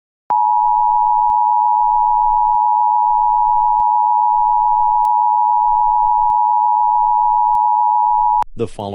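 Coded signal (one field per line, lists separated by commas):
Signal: Emergency Alert System (SAME) tones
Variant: 853 and 960 Hz attention tone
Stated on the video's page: Fictional EAS scenario, simulated rather than a real alert.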